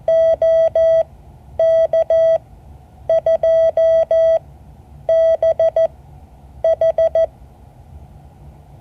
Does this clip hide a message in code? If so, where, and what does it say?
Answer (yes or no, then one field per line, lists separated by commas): yes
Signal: Morse code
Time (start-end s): 0.1-7.3 s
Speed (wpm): 14 wpm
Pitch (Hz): 650 Hz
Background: none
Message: OK2BH